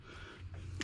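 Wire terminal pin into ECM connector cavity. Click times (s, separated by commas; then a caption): 0.8 s. The second wire terminal is pushed into pin 54 of the larger engine-computer connector, stiff at first, over a low steady hum. A sharp click at 0.8 s marks the terminal seating in its cavity, and a tug confirms it is held.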